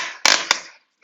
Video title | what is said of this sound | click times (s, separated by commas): Thule T2 Pro XTR Bike Rack Demonstration | So you hear that secure click. | 0.3 s, 0.5 s